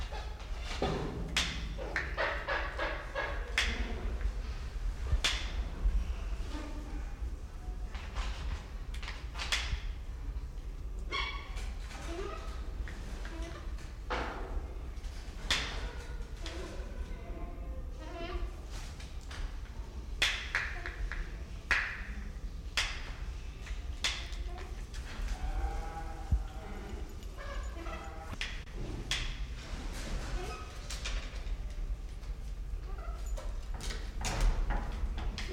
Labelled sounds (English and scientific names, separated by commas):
Channel-billed Toucan (Ramphastos vitellinus)